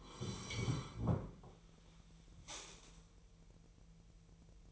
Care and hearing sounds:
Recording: daily activity, microphone in the room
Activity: sit down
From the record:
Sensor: 1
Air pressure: 1001.9 hPa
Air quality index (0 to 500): 243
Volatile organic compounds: 108 ppm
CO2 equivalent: 3808 ppm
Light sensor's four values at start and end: 10/24/10/11 and 10/24/10/11

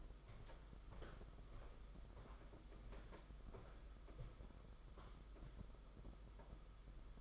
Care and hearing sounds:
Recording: daily activity, microphone in the room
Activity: walk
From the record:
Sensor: 5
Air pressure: 991.8 hPa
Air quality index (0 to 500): 156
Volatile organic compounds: 245 ppm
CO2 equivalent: 4347 ppm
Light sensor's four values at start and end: 32/107/40/42 and 32/108/40/43

